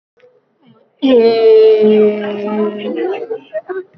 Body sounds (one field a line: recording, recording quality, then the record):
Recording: sustained vowel as in made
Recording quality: excellent, no background noise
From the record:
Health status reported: recovered from COVID-19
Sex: female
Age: 36 years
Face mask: worn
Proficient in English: yes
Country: India